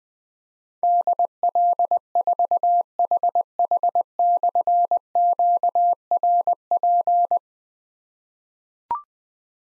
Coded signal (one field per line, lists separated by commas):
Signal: Morse code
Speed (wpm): 20 wpm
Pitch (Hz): 700 Hz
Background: none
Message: DL4HH/QRP